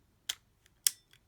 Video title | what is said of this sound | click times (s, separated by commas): Mighty Morphin Power Rangers Retro-Morphin Ninjor Review | These pieces just slide down. And you can kind of hear they click into place. | 0.3 s, 0.9 s